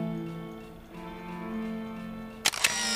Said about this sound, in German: Das Klack des Auslösers schien mir so laut wie eine Bombenexplosion.